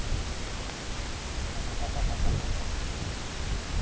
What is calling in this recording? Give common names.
King Eider